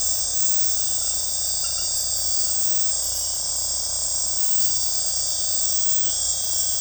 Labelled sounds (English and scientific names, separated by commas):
none